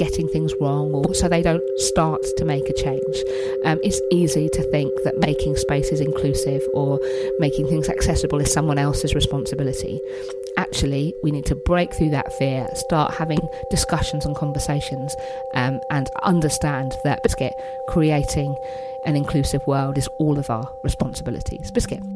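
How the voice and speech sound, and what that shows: Adult woman speaking fluently, with a repeated involuntary vocal tic, the word "Biscuit", inserted into her sentences. Tourette syndrome vocal tic; her tics have intensified over time.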